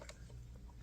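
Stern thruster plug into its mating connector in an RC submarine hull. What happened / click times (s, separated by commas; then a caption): The connector halves snapped together / 0.1 s. The two halves of the stern thruster's electrical connector are pushed together inside the hull of a giant 1/72-scale RC US Seawolf-class submarine, over a steady low hum. A short, sharp transient at 0.1 s marks the connector seating, and a much fainter tick follows at 0.7 s.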